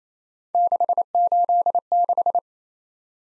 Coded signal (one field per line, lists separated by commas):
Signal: Morse code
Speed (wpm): 27 wpm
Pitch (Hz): 700 Hz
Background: none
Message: 686